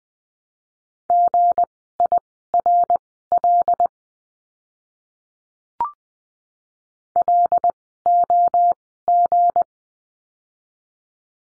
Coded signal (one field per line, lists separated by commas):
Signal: Morse code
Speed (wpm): 20 wpm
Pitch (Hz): 700 Hz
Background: none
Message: GIRL LOG